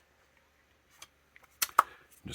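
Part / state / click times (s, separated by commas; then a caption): plastic chest piece into action figure torso / seated / 1.8 s. A plastic chest piece is pressed onto an action figure's torso, and after a few small clicks and taps it pops into place with a sharp click at 1.8 s. The fit is confirmed, though the snap is softer than expected.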